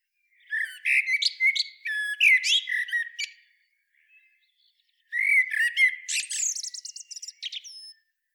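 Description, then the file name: Common blackbird song: two bursts of warbled phrases, each opening with low fluty whistles and breaking into high, squeaky twittering, separated by a pause of silence. "Turdus merula"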